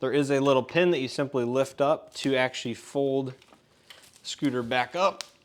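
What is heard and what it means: Someone talks while handling the folding stem latch on a GoTrax XR Lite/G2 Plus electric scooter frame, lifting the folding pin to raise the folded stem. Only speech and faint handling noise are heard. Nothing has seated or clicked yet.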